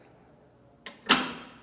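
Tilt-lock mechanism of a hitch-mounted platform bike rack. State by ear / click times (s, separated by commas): seated / 1.1 s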